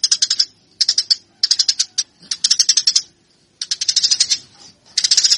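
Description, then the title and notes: Eurasian tree sparrow chirping in rapid harsh bursts separated by brief silences. Fighting call of the tree sparrow, a master track used for training birds. "MASTER GEREJA TARUNG. burung gereja"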